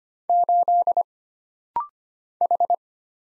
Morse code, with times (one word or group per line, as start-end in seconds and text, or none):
0.3-1.0 8
2.4-2.8 H